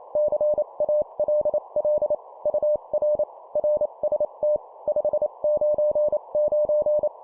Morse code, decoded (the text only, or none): CALL UR RST 599